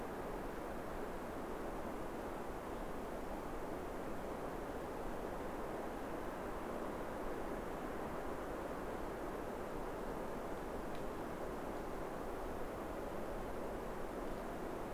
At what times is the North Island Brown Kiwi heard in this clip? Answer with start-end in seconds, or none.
none